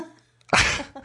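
After near silence, a dog gives one sudden harsh, raspy expulsive burst lasting under half a second, followed by a faint softer sound. This is a dry heave: a retching effort that brings nothing up.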